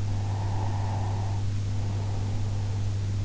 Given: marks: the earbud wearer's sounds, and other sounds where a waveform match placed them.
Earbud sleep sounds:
sounds in sleep by an in-ear microphone; breath
0.13-3.13 s: breath

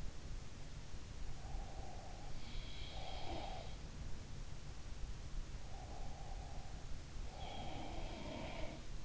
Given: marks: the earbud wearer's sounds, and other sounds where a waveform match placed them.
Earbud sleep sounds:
sounds in sleep by an in-ear microphone; breath
1.33-3.71 s: breath
2.44-3.63 s: sound from someone else or the room
5.89-9.05 s: breath
7.26-8.85 s: sound from someone else or the room

